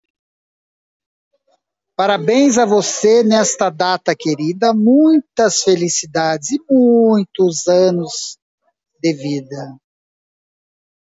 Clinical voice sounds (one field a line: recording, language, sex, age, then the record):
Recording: short text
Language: Brazilian Portuguese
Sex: male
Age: 60 to 69 years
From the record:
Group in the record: control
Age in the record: 64 years